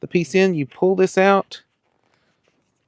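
Someone talks while sliding a shaft attachment into the coupling of a cordless multi-tool power head after pulling out the release. Speech fills the first 1.6 seconds, followed by near silence with only two faint, brief ticks around 2.1 seconds. Nothing has seated or clicked into place yet.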